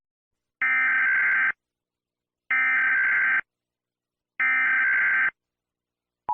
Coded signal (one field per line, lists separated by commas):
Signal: Emergency Alert System (SAME) tones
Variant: header bursts